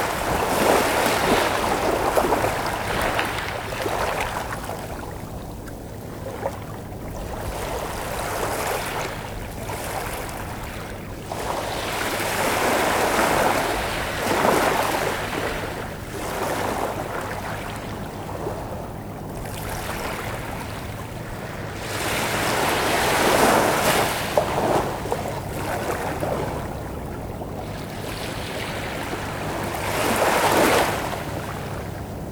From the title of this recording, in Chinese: 海浪、鸟鸣、路人